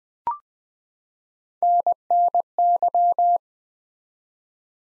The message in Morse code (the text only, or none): NNY